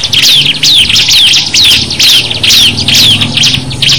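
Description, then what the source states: Bar-winged Prinia song: bright whistles sliding downward, repeated at an even pace roughly twice per second over steady chirping and a low rumble. Simulated ciblek singing contest (lomba), from omkicau.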